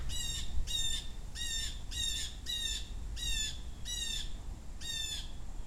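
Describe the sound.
Blue jay harsh calls, eight rasping squawks given in a series over low background rumble.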